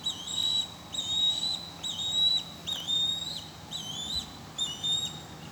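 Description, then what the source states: Osprey calling with high, drawn-out whistled notes that bend up and down, repeated about once a second over a steady hiss. Subspecies Pandion haliaetus cristatus.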